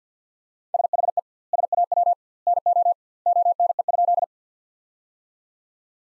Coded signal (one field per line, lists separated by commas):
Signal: Morse code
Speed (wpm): 50 wpm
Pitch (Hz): 700 Hz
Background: none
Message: SHE SAW NO ONE?